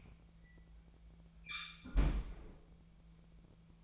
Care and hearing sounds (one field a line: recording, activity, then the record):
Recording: daily activity, microphone in the room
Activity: close fridge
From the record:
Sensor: 1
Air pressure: 1009.8 hPa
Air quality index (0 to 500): 190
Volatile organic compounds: 18 ppm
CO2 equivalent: 2607 ppm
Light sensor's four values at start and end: 33/85/35/43 and 33/84/35/43